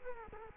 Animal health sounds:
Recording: mosquito wingbeat signal from an infrared sensor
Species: Culex quinquefasciatus

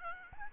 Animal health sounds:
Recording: mosquito wingbeat signal from an infrared sensor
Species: Aedes albopictus

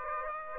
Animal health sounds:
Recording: mosquito wingbeat signal from an infrared sensor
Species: Aedes aegypti

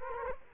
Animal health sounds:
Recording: mosquito wingbeat signal from an infrared sensor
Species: Culex quinquefasciatus

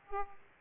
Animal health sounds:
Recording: mosquito wingbeat signal from an infrared sensor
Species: Aedes aegypti

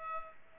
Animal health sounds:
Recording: mosquito wingbeat signal from an infrared sensor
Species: Culex pipiens

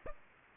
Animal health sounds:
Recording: mosquito wingbeat signal from an infrared sensor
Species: Aedes aegypti

